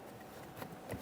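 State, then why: Not seated. A rear power window switch bezel is handled against the plastic door trim panel of a 2004-2008 Ford F-150. The switch panel is being lined up to roll and press down into the trim. A few faint handling noises are heard, with a brief sharper touch at 0.9 s, and nothing has seated or clicked yet.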